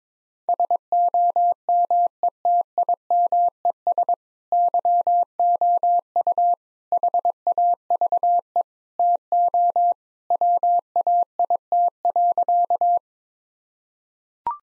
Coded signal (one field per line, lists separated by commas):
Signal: Morse code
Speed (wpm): 22 wpm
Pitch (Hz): 700 Hz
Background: none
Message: SOMETIMES YOU HAVE TO WAIT.